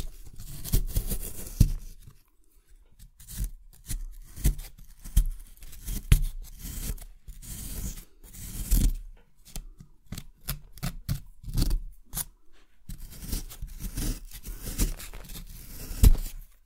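Scraping and crunching from an excavation kit, like tools working at soil in an archaeological dig. Short, gritty strokes come in irregular bursts, often several per second, separated by brief pauses, with a few sharper clicks and scratches between them.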